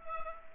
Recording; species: mosquito wingbeat signal from an infrared sensor; Culex pipiens